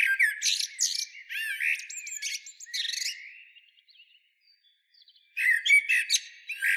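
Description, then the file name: Common blackbird song: bursts of sharp, varied chirps and squeaky notes, a brief quiet pause, then another rapid flurry of chirps near the end. "Turdus merula"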